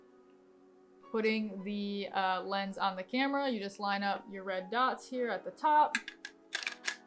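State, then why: Seated. Someone talks while lining up the red dots of a Sigma 35mm f1.4 Art camera lens with the mount of a USB adapter dock and twisting it on. A few short sharp clicks sound near the end, and the lens clicks into place on the dock mount at about 6.9 s, seated.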